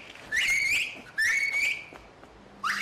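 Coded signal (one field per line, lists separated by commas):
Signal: whistled language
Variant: Turkish kuş dili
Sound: three rising, warbling whistled phrases around 2 kHz, like speech melody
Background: quiet room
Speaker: kahvehanedeki bir adam. Ula Erol ne yapıyorsun? Oturuyorum. Önce çay içelim mi? Tamam, içelim.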